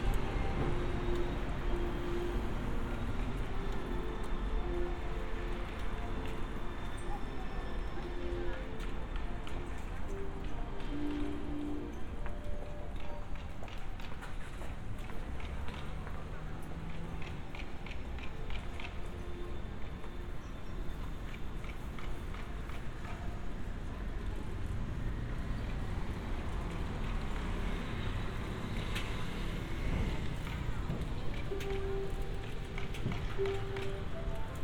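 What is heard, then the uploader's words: A walk through a street in Funabashi, Japan, with steady traffic rumble, passing voices, footsteps and occasional brief tones over a busy urban hum. 3D AUDIO Walking in Funabashi, Chiba,Japan. Let's take a walk together around Funabashi station, Chiba. Binaural audio.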